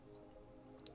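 With the trailer's weight settled onto the ball, the metal lock on a trailer coupler is slid forward onto the vehicle's hitch ball as a safety feature so it doesn't pop off. Over a steady low hum, a single sharp click comes at 0.9 s as the lock clicks closed, securing the coupler on the ball.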